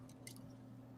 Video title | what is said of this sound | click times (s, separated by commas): TF Jurassic Park Tyrannocon Rex & Autobot JP93 Unboxing & 1st Impressions LIVE! | now i think i can now snap the shoulders in place yeah so they just now snap into place | 0.3 s